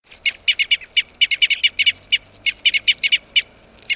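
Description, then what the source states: Red crossbill calls: sharp, dry kip notes given in quick irregular runs, sometimes paired or tripled, with brief pauses between bursts. Red Crossbill of call type N.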